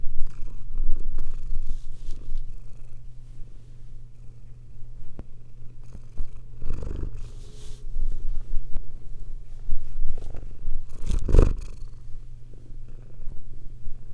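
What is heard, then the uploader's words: A cat purrs steadily, a low continuous rumble that pulses with each breath throughout. Brief soft rustles and shifts break in now and then, with a louder brushing movement near the eleven-second mark. Biscuit purring.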